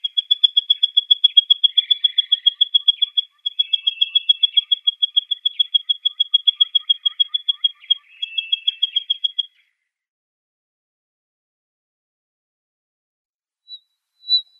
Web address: Schulze Peter Cricket Longtail song